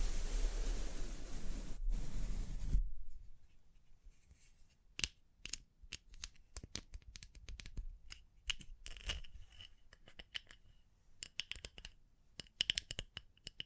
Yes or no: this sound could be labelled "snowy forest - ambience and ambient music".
no